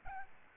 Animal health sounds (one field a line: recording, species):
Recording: mosquito wingbeat signal from an infrared sensor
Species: Aedes albopictus